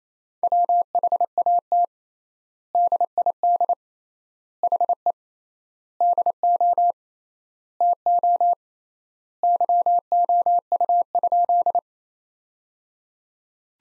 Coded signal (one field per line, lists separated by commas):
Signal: Morse code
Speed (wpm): 28 wpm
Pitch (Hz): 700 Hz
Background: none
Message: WHAT DID HE DO TO YOU?